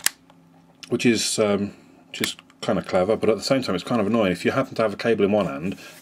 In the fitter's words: cuz it snaps back into place